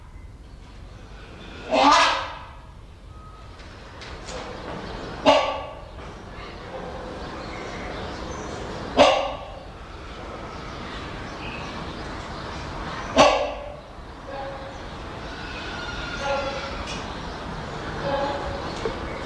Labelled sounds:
Rhinoceros Hornbill (Buceros rhinoceros) duetting
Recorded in captivity
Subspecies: borneoensis
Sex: pair
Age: adult
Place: Zoo Berlin, Berlin, DE
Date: 1988-10-07 12:31
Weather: bedeckt, 12°C, Wind
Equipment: Sony WM-D6C, Kopie Uher
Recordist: Tembrock, Günter
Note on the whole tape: Paar: Duettrufe

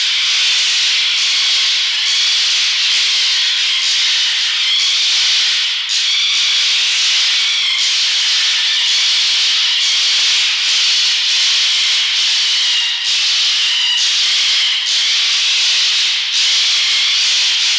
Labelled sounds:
Red Fox (Vulpes vulpes)
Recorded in captivity
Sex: female
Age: adult
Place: Zoologisches Institut der HUB, Berlin, DE
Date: 1953-03-04 18:25
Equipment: Elmetra
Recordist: Tembrock, Günter

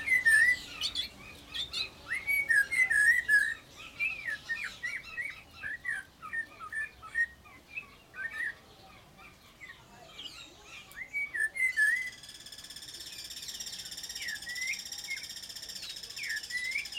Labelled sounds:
Snowy-crowned Robin-Chat (Cossypha niveicapilla)
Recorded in captivity
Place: Zoo Berlin, Berlin, DE
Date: 1992-06-06 12:35
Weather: sonnig, 24-28° C
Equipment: Nagra SN, Mikrofon AKG CK 8, Kopie Tesla B 116
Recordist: Tembrock, Günter

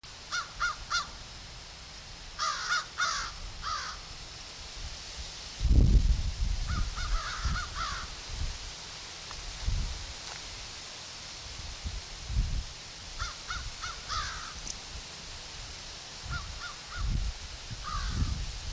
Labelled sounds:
American Crow (Corvus brachyrhynchos) call
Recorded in the wild
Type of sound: call
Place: Wildlife Park Shubenacadie, Nova Scotia, CA
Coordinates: 45.0931, -63.3944
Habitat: park
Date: 1991-10-10 13:54
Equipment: Sony WM-D6C, Sony ECM-939 LT (Stereo), Kopie Uher 4400 IC
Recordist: Frommolt, Karl-Heinz
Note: Rufe freifliegender Tiere

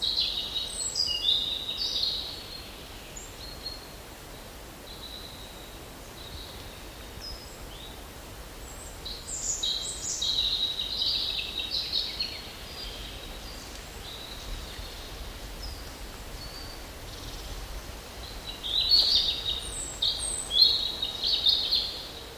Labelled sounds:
European Robin (Erithacus rubecula) song
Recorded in the wild
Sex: male
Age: adult
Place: Mühlenbecker Wald, Brandenburg, DE
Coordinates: 52.7, 13.4
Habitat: mixed forest
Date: 1988-07-10 11:32
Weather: cloudy, ca. 17°C, winds
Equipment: Sony WM-D6C, Kopie Tesla B 116
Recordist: Tembrock, Günter
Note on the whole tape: Mühlenbecker Wald (nördlich des Sees). Gesang

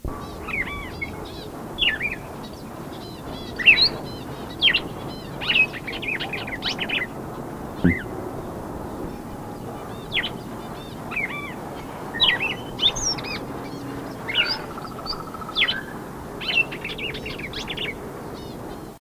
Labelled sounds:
Red-crested Cardinal (Paroaria coronata) call
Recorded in captivity
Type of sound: call
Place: Zoo Osnabrück, Niedersachsen, DE
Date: 1983-12-20
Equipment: Halbspur, 9,5 cm/s
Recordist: Lütgens, Hans
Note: Rufe

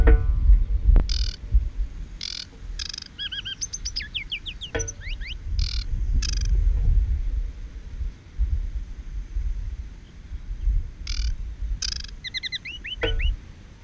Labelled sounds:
Aquatic Warbler (Acrocephalus paludicola) song
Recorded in the wild
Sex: male
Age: adult
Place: Rietz, Havelland, Brandenburg, DE
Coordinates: 52.3722, 12.6472
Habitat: lake
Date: 1968-06-09
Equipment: Nagra III BH
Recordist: Schubert, Michael
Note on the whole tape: Rietzer See bei Brandenburg: Gesang eines Seggenrohrsängers (1 Männchen!)

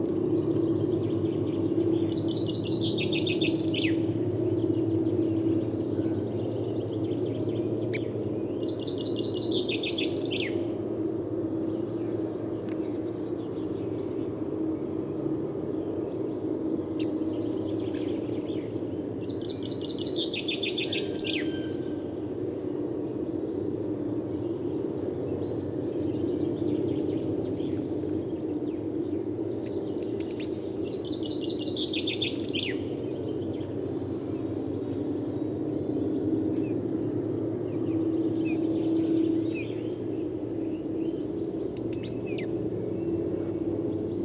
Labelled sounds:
Goldcrest (Regulus regulus)
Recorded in the wild
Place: Groß Nemerow, Mecklenburg-Vorpommern, DE
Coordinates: 53.448, 13.219
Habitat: Forest
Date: 1982-03-24
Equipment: Nagra III BH, Sennheiser MD 21, parabola
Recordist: Schubert, Michael

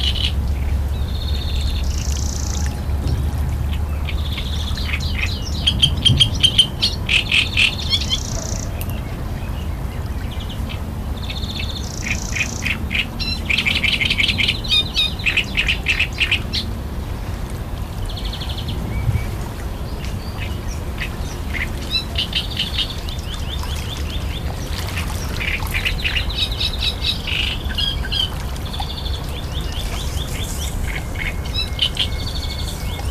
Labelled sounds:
Great Reed Warbler (Acrocephalus arundinaceus) song
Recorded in the wild
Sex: male
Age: adult
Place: Schloßpark Babelsberg, Brandenburg, DE
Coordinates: 52.4053, 13.0928
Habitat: park
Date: 1996-06-07 13:39
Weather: sunny, 30-32°
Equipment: Sony MD-WM MZ-R3, Sennheiser MKH 416 T, Kopie Uher 4000 Report Monitor
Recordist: Tembrock, Günter

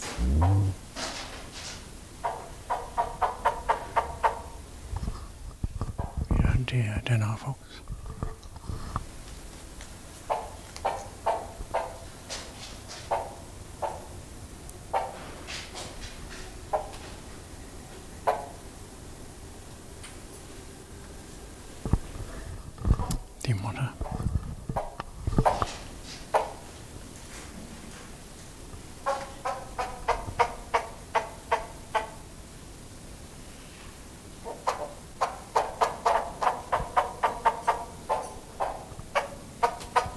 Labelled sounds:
Von Der Decken's Hornbill (Tockus deckeni) call
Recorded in captivity
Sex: group
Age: diverse
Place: Zoo Berlin, Berlin, DE
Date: 2000-08-29 13:27
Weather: heiter, 21°C
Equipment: Nagra SN, Kopie Uher 4000 Report Monitor
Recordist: Tembrock, Günter
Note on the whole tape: Männchen, Weibchen und drei dreiviertelwüchsige Jungtiere bei Filmaufnahmen im Käfig (nebst Pflegerin): Kurzlaute Junge, Weibchen und Männchen

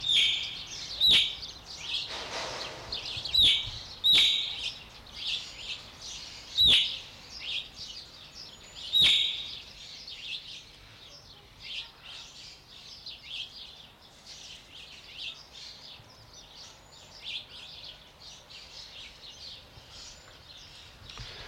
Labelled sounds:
Emerald Starling (Lamprotornis iris)
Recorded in captivity
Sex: group
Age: adult
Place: Zoo Halle, Sachsen-Anhalt, DE
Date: 1993-04-24 10:58
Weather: heiter, 16-24 °C
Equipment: Sony WM-D6C, Sony ECM-939 LT, Kopie Uher Variocord 263
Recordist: Tembrock, Günter

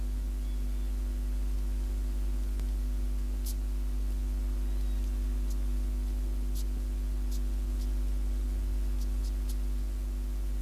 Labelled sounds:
Snail Hunter (Cychrus caraboides) stridulation
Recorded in captivity
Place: Berlin
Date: 1988-09-23
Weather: Temperatur 25°C
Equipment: Tesla B 115, RFT DM 2415 (Originalband)
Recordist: Frommolt, Karl-Heinz
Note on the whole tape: Tierstimmenarchiv des Bereiches Verhaltenswissenschaften der Humboldt-Universität: Stridulation eines in der Hand gehaltenen Tieres. Aufnahme bei Zimmertemperatur. Zu Beginn hat das Tier ein Sekret verspritzt

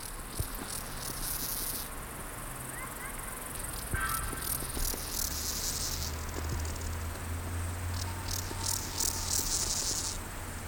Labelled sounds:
Steppe Grasshopper (Chorthippus dorsatus) stridulation
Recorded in the wild
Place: Eutin, Holsteinische Schweiz, Schleswig-Holstein, DE
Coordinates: 54.132, 10.614
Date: 1992-09-15 14:50
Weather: leicht windig, 18°C
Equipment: Marantz CP 430, Sennheiser ME 80, Kopie Tesla B 116
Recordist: Tembrock, Günter

